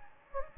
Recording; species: mosquito wingbeat signal from an infrared sensor; Anopheles gambiae